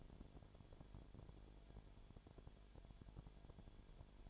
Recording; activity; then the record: daily activity, microphone in the room; no activity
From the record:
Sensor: 5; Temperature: 19.9 degrees Celsius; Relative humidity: 37.1%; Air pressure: 1007.4 hPa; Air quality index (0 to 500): 84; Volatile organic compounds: 1 ppm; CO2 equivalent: 958 ppm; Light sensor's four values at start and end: 2/3/1/1 and 2/3/1/1